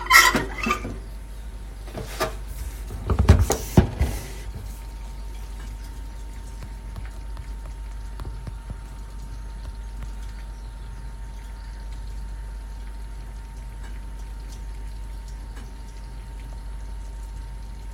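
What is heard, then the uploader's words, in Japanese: Guatemala SHB coffee beans roasting. A few sharp crackling bursts come in the first four seconds, clustered around the two- and three-second marks. After that a steady low rumble and a thin constant hum carry on, with only scattered faint ticks. 今朝は”グアテマラSHB”を焙煎。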